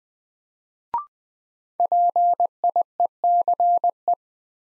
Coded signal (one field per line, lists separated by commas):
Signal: Morse code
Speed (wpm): 20 wpm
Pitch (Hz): 700 Hz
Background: none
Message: PIECE